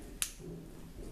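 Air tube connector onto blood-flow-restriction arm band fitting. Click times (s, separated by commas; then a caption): 0.2 s. A pneumatic air tube connector is snapped onto the fitting of an inflatable blood-flow-restriction arm band. A single sharp, bright snap is heard at 0.2 s over a low background hum. The connector seats on the fitting.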